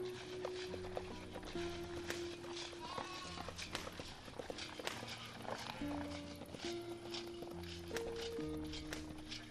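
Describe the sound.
Rapid, rhythmic hoofbeats of a horse galloping across a valley pound steadily, set against a sustained musical backdrop of held low tones, with a faint voice-like murmur mixed in.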